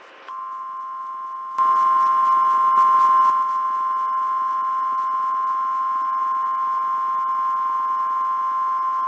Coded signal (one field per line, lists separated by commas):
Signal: Emergency Alert System (SAME) tones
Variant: 1050 Hz attention tone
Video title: Monthly and Weekly Tests Madness (EAS #17497-17515) 4/9-10/24